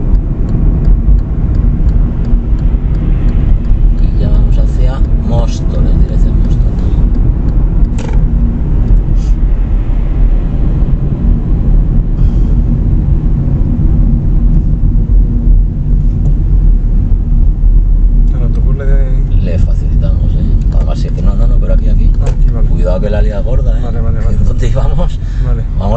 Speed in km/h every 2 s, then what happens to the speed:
49, 49, 49, 49, 45, 45, 42, 42, 42, 31, 26, 21, 16.
0-16 steady at about 45. 16-23 brakes to 16.